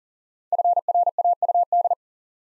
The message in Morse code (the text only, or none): FRAUD